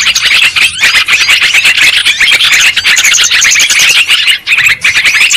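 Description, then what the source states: Lovebirds squawking and twittering together, piercing high calls crowding each other, with a brief dip in the noise near the end. Lure sound used for trapping lovebirds.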